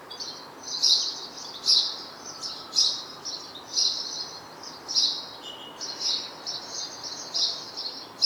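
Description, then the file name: House sparrow giving a series of high chirps in uneven succession, some merging into longer chattering bursts, with a light hiss in the background. "Passer domesticus"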